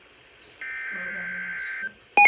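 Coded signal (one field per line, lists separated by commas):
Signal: Emergency Alert System (SAME) tones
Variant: header bursts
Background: speech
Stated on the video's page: Compilation of received EAS alerts, poor audio quality.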